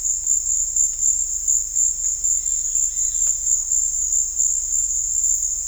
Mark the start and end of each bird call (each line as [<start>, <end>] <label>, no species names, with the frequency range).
[2.57, 3.24] bird call (1.0-4.6 kHz)